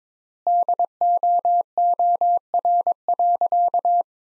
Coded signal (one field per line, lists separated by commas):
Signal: Morse code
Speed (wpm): 22 wpm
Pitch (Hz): 700 Hz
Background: none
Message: DOOR.